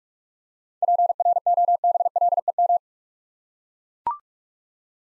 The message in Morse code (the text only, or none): PROBLEM